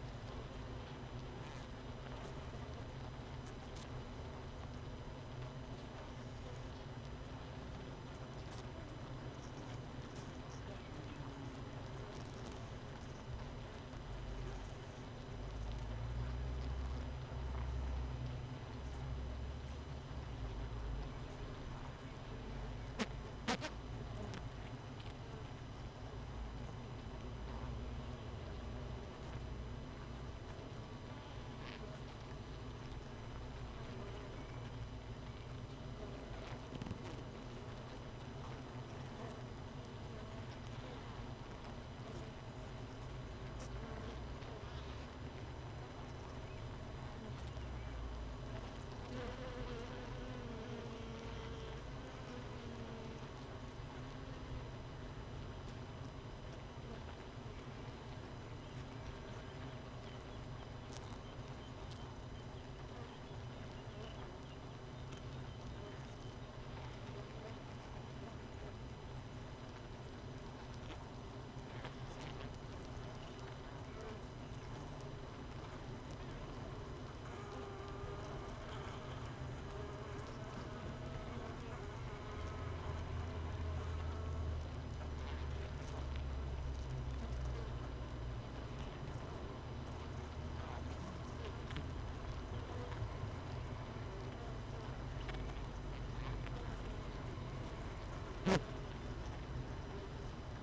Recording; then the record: honeybee colony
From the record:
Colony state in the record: missing queen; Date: 31 May 2018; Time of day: 5:38